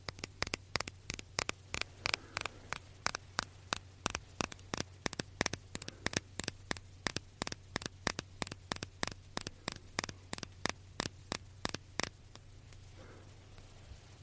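Quick, crisp taps on glass bottles and a dropper click in a fast, fairly even rhythm, several per second. A steady low electrical hum runs underneath throughout, and the tapping stops around the twelve-second mark, leaving only the hum.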